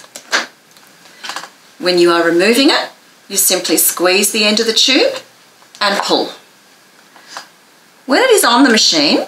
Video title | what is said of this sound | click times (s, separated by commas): How to setup and use your ResMed Airsense 10 CPAP machine2 | once you do that you simply push it in and you'll hear it click into place | 0.2 s